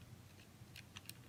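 A small yellow plastic pellet is being pushed into the barrel of a vintage 1980s KO Takara Micro Change Browning, a die-cast and plastic transforming toy gun, where it should click to show it is locked in place. Quiet handling rustle is heard, with brief, bright plastic ticks around 0.8, 1.0 and 1.1 seconds. Nothing has seated or clicked home yet.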